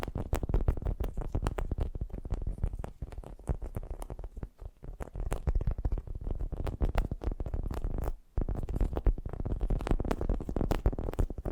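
Fast, gentle tapping runs almost without pause, the soft taps packed densely with a low, muffled body and small bright clicks on top. The rhythm stays quick but uneven, thinning briefly near four seconds and stopping for a moment just after eight seconds before resuming.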